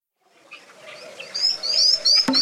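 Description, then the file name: Marmoset chirping calls, a series of short, high, upward-sweeping whistled chirps that grow louder, with a sharp click near the end. "Un ouistiti"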